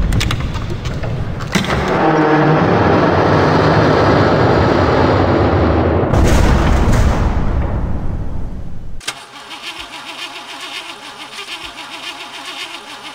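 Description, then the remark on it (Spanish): A Cadillac car engine cranks loudly and roars without catching, then gives a sharp backfiring burst before dropping into a rough, rhythmic sputter. No one speaks. “Esto no arranca.”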